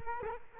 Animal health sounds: mosquito wingbeat signal from an infrared sensor; Culex quinquefasciatus

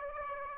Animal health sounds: mosquito wingbeat signal from an infrared sensor; Aedes aegypti

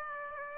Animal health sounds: mosquito wingbeat signal from an infrared sensor; Aedes aegypti

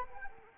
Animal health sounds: mosquito wingbeat signal from an infrared sensor; Anopheles arabiensis

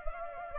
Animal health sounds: mosquito wingbeat signal from an infrared sensor; Culex pipiens

